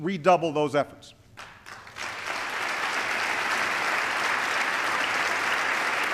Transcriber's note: applause